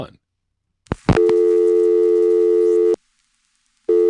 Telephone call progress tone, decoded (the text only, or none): dial tone